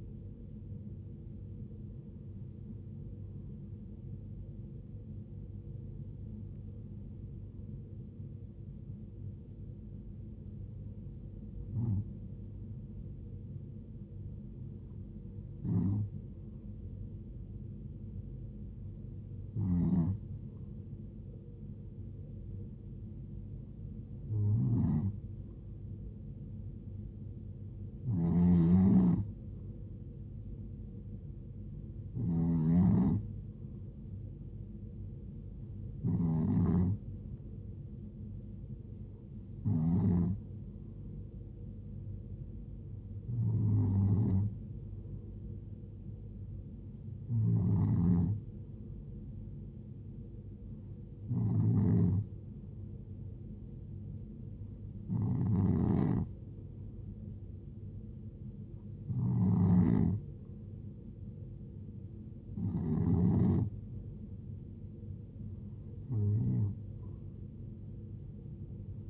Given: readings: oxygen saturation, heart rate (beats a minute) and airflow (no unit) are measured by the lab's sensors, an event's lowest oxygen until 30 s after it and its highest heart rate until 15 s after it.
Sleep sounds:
breathing in sleep by a smartphone at the bedside; none
31.00-69.10 s: new sleep stage, N2 (light sleep)
From the record:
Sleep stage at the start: N1 (lightest sleep); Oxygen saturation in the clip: 90 to 92%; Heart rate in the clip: 66 to 76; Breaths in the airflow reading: 17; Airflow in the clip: -7.1 to 4.2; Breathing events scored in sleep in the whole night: 389 in 6.3 hours asleep

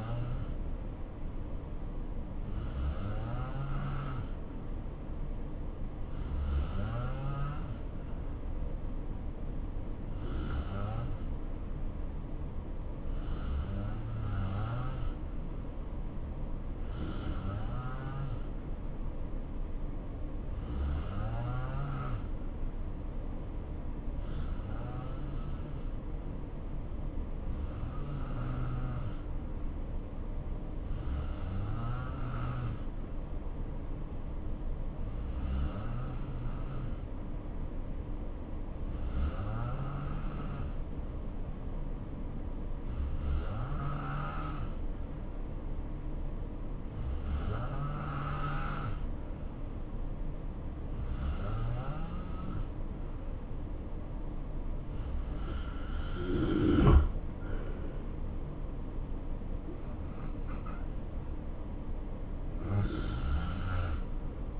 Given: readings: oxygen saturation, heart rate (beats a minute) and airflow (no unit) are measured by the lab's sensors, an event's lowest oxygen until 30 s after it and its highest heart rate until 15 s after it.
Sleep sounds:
breathing in sleep by a smartphone at the bedside; none
none scored
From the record:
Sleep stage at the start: N2 (light sleep); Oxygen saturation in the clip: 87 to 89%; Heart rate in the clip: 62 to 72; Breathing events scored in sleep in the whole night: 277 in 7.4 hours asleep

